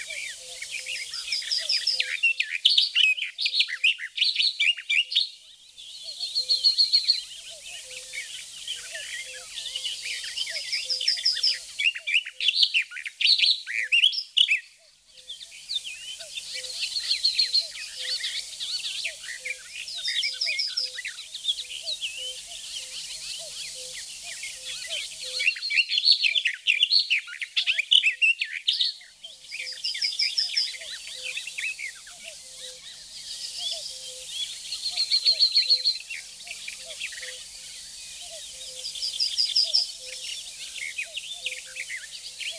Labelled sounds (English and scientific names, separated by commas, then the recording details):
Barred Warbler (Sylvia nisoria) song
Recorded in the wild
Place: Flögelner See, Schleswig-Holstein, DE
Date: 1985-05-24
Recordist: Schwarz, Dieter